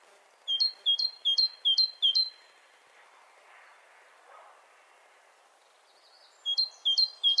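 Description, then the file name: Great tit song: a quick series of high two-note phrases, about five in a row, then a pause of several seconds before another run starts. "Parus major"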